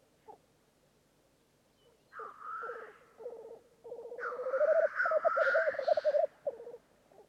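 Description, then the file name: Black grouse bubbling display: low, rapidly pulsed cooing phrases that swell in strength, overlaid by harsh hissing notes midway. "Digiffects Sound Effects Library - Black Grouse Bird Version 2"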